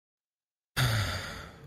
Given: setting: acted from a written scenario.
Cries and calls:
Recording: vocal sound without words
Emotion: disappointment

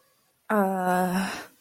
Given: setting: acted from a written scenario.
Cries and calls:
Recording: vocal sound without words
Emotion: distress

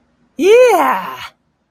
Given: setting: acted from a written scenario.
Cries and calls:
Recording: vocal sound without words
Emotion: pride

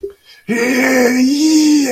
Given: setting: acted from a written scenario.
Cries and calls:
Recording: vocal sound without words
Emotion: elation

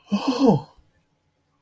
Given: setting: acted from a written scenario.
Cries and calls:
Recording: vocal sound without words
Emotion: fear

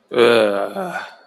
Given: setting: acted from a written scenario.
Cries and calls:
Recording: vocal sound without words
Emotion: contempt

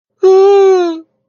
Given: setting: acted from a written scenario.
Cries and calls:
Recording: vocal sound without words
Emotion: distress

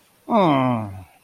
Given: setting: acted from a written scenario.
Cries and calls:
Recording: vocal sound without words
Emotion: disappointment

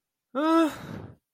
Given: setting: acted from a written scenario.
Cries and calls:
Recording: vocal sound without words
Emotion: distress

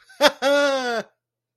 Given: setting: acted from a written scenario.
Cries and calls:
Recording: vocal sound without words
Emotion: triumph

